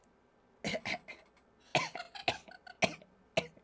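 Adult. A persistent, repeated cough that keeps recurring in bursts between pauses.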